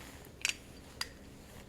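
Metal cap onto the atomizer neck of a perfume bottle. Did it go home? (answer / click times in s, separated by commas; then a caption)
yes / 0.5 s. An old-style metal cap is fitted back onto the atomizer neck of a glass bottle of Nautica fragrance. A sharp metallic click at 0.4 s is followed by a second click at 1.0 s. The cap snaps into place and is seated.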